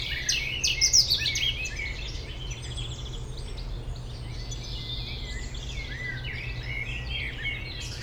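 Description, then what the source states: European robin song, a loud burst of thin, high, rapidly varied notes near the start, then softer chirps from other birds over a steady low rumble. Robin in the foreground of a small peri-urban wood, Bois de Memard, Aix-les-Bains, France, near the Jardin Vagabond, amid other birds; city and lake-boat rumble in background.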